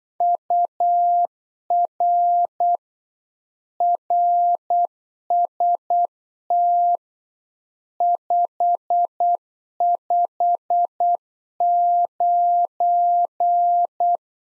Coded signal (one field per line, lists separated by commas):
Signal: Morse code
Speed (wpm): 8 wpm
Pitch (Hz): 700 Hz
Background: none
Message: UR RST 559